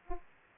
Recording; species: mosquito wingbeat signal from an infrared sensor; Aedes aegypti